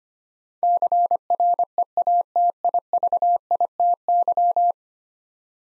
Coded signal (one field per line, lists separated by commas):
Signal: Morse code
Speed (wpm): 25 wpm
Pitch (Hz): 700 Hz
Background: none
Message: CREATIVITY